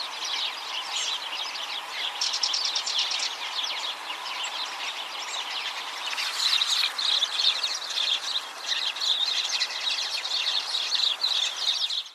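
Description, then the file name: House sparrow chirps from several birds, a continuous chattering chorus that grows louder and busier in the second half. "Passer domesticus"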